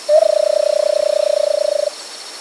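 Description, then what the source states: Versicolored barbet song, a single even trill of fast low pulses held for nearly two seconds before stopping abruptly. South America.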